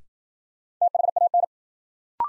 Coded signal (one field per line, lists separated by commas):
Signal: Morse code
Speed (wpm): 54 wpm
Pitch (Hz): 700 Hz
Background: none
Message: THAN